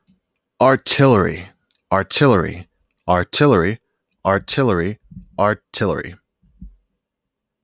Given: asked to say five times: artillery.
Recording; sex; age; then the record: repeated word; male; 30 to 39 years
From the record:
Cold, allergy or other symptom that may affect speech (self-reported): no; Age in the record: 30 years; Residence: Illinois, United States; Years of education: 12